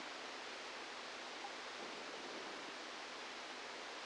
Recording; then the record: brain microelectrode recording played as sound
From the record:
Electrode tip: outside the subthalamic nucleus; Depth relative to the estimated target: -3 mm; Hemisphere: left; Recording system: NeuroSet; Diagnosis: Parkinson's disease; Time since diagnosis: 10 years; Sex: male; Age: 63 years